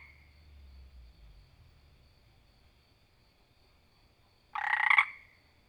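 Frog giving a single short rattling croak near the end after several seconds of faint low background hum.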